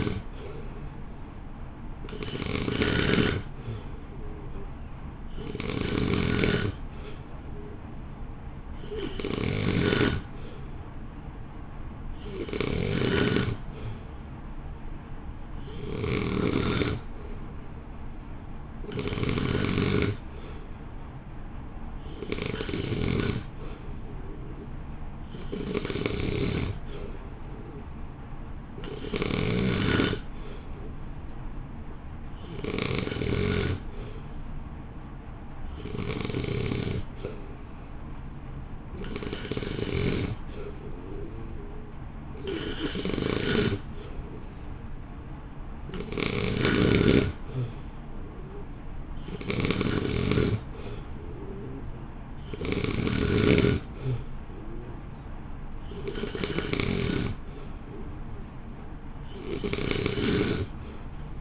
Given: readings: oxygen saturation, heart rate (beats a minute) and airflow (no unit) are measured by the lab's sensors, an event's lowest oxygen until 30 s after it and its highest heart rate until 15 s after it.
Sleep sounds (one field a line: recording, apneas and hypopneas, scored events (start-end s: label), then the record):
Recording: breathing in sleep by a smartphone at the bedside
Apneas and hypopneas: none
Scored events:
none scored
From the record:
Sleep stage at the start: N2 (light sleep)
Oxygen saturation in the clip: 89 to 91%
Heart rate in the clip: 55 to 58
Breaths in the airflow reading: 23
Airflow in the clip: -1.2 to 1.1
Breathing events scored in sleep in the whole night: 328 in 6.3 hours asleep